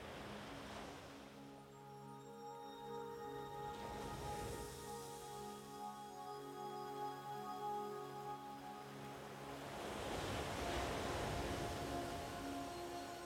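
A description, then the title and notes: Waves wash in around four seconds and swell again after ten, beneath sustained, slowly shifting pan flute notes held throughout. Relaxing Zen Beach. The sound of the waves, pan flute.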